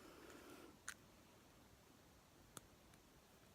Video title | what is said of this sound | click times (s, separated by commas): INVISALIGN PROGRESS - CLOSE UP OF MY TEETH | hear that click? | 0.9 s, 2.6 s